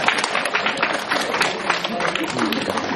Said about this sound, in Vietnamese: Một tràng pháo tay cho anh.